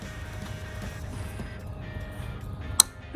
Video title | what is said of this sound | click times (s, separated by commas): 2018-2022 EcoBoost F-150 S&B Cold Air Intake with Oiled Cleanable Cotton Filter Review & Install | al sensor, asegurándome de que esté completamente insertado cuando escuche un clic. | 2.8 s